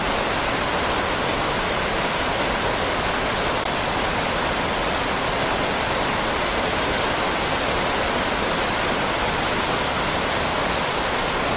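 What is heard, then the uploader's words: A waterfall roars in a dense, unbroken rush of water that holds the same level for the whole twelve seconds. The sound is full, spread from a deep low rumble up to a bright hiss, with no separate splashes or other sounds standing out. Cascading waters. Waterfall Sounds. Nature's Tranquil Cascades.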